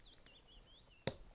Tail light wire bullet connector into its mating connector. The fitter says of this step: So, it should go in with a nice click.